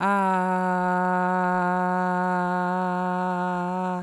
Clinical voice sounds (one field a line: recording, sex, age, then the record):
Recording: sustained vowel /a/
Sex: female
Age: 30 to 39 years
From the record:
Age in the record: 33 years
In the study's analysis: included